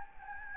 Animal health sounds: mosquito wingbeat signal from an infrared sensor; Anopheles gambiae

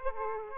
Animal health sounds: mosquito wingbeat signal from an infrared sensor; Aedes aegypti

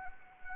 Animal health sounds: mosquito wingbeat signal from an infrared sensor; Anopheles arabiensis

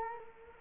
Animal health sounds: mosquito wingbeat signal from an infrared sensor; Culex quinquefasciatus

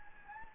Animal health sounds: mosquito wingbeat signal from an infrared sensor; Anopheles gambiae

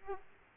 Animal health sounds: mosquito wingbeat signal from an infrared sensor; Aedes aegypti

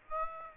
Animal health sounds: mosquito wingbeat signal from an infrared sensor; Aedes aegypti

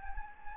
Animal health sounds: mosquito wingbeat signal from an infrared sensor; Anopheles gambiae

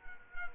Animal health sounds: mosquito wingbeat signal from an infrared sensor; Culex quinquefasciatus

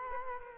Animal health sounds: mosquito wingbeat signal from an infrared sensor; Culex quinquefasciatus

